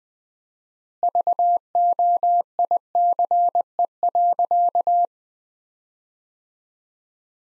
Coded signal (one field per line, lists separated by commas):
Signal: Morse code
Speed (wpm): 20 wpm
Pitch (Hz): 700 Hz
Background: none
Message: VOICE.